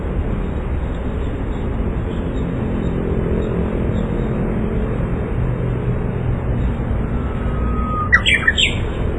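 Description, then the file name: Japanese bush warbler singing near the end, a drawn-out whistle then a bright flourish, heard over loud continuous low rumbling noise. "uguisu"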